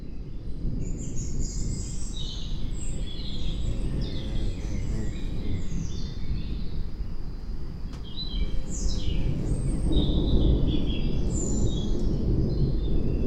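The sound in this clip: Birds chirping and twittering almost continuously, with short downslurred notes and a brief louder flurry near nine seconds, over heavy low background rumble.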